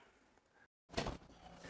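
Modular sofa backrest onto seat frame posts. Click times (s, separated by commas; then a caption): 1.0 s. The sleeves of a modular RV sofa backrest are lined up over the backrest posts on the seat frame and pressed down. After faint low noise and a brief silent gap, a sharp broadband hit lands at 0.98 s with a quick follow-up knock, then fades back to low background noise. The backrest locks into place on the seat frame.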